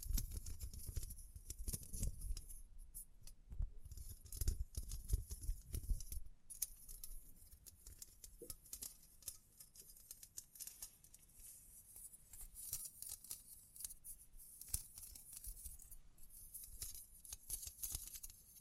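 Tapping, scratching and brushing sounds with fine crinkles fill the clip as a dense, busy run of small clicks and scrapes. Heavier low thuds and rubbing dominate the first six seconds, then the sound thins to lighter, crisp scratching with brief sharp taps.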